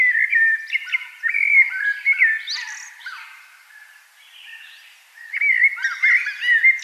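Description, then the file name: Common blackbird giving loud rich warbled phrases, a quieter pause midway, then another run of fluty and squeaky notes. "Turdus merula"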